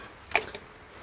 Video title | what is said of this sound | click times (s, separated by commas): Cube E Bike modifications | it locks in place right there, like this. | 0.4 s